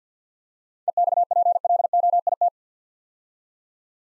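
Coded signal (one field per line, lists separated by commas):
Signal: Morse code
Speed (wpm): 46 wpm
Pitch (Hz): 700 Hz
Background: none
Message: EXPLOIT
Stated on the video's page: Morse practice of 7-letter words at 50 wpm for head-copy training.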